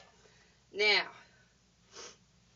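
A plastic part of the ice dispensing chute is being handled and fitted onto a frozen drink maker, but nothing has seated or clicked yet. Someone talks briefly near the start, followed by a faint breathy sound about a second later, in an otherwise quiet background.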